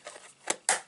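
A hinged lid on a plastic stamp ink pad case is pressed closed, with faint rustling, then a softer tap at 0.5 s. A sharp, bright click lands at 0.7 s and rings out briefly. The lid snaps shut and the case is closed.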